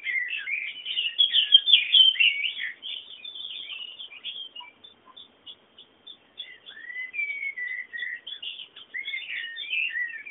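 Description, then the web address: Several birds twitter rapidly in busy bursts. The chatter thins to scattered chirps midway, then resumes with sliding whistled notes and quick tweets. Background bird sounds. "bullas Bullasdata sounds fondo pajaros"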